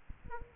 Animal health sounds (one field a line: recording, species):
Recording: mosquito wingbeat signal from an infrared sensor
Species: Aedes aegypti